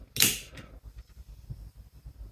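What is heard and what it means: The plastic locking cover on a Bosch Aerotwin wiper blade adapter is snapped shut over the wiper arm, giving a sharp, bright snap at 0.2 s followed by faint low rustling. The lock is seated in place.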